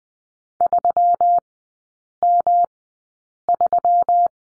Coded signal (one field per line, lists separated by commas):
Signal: Morse code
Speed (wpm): 20 wpm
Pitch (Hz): 700 Hz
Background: none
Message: 3M3